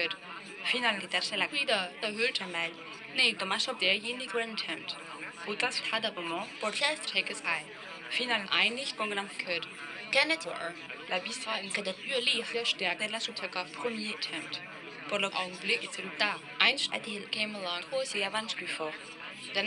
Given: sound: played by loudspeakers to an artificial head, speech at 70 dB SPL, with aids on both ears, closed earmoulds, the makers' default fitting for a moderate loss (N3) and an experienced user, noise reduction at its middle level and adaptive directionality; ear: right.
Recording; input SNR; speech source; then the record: speech test signal (ISTS) in cocktail-party noise; +3 dB; on the right (90 degrees)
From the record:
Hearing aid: class 2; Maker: I